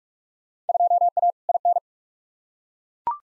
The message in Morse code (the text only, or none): 2A IN